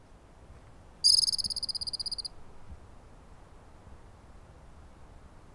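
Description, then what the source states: Squirrel call: one high, rapid pulsing trill lasting just over a second, starting loud and fading slightly, over soft background hiss. Recorded at Soda Butte on 24 June 2010.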